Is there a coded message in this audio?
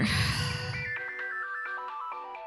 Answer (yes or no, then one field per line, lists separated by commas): no